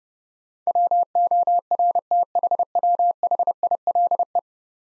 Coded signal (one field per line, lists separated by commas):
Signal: Morse code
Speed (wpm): 30 wpm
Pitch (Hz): 700 Hz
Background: none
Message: WORTHWHILE